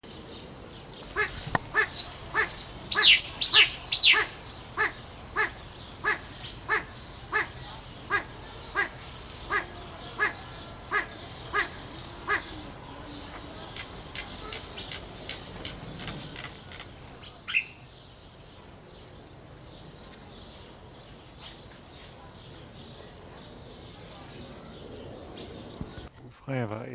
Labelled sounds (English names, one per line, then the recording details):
Satyr Tragopan call
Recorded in captivity
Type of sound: call sequence
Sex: male
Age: adult
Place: Zoo Berlin, Berlin, DE
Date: 1997-10-18 12:31
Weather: sunny, 12-15°C
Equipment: Nagra SN, Kopie Uher 4000 Report Monitor
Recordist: Tembrock, Günter
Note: Männchen: Rufreihe, Entfernung ca. 6 m